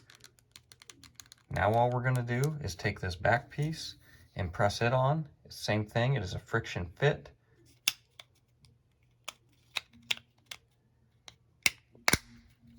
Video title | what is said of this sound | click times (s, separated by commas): Changing battery on Toyota Keyfob | you'll hear that snap in now your key is all pressed together | 7.9 s, 11.7 s, 12.1 s